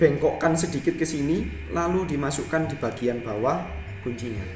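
Someone talks while the metal retention lever of a CPU socket is bent slightly outward and pushed down toward its latch hook on the motherboard. Nothing has seated or clicked yet when the clip ends.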